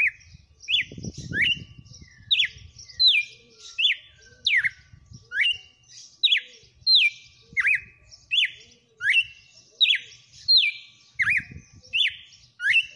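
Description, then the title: Red-cowled cardinal song: a steady run of short whistled notes that swoop down then flick up, repeated about every three-quarters of a second, over a low rumble of background noise. Female bird, singing. "Canto Galo Campina Fêmea. Galo de campina cantando. FENRIR"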